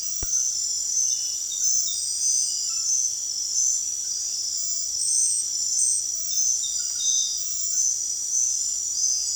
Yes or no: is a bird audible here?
no